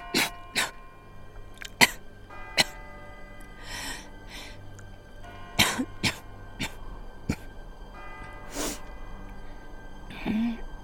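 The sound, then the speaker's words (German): A person coughs and clears their throat repeatedly, a series of sharp, rough bursts spaced irregularly, with a few breathy gasps in between and low background hum. “Du hustest ziemlich viel.”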